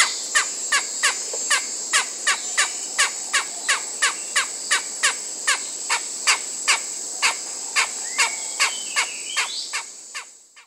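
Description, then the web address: Deppe's squirrel calling: a long series of sharp, dry clicks or chucks, about three every second and fairly steady, with two brief whistled notes near the end. Rainforest mammal from South America. "Natures Songs S America Mammals of the Rainforest Deppe's Squirrel"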